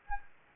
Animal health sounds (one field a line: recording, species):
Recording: mosquito wingbeat signal from an infrared sensor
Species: Anopheles gambiae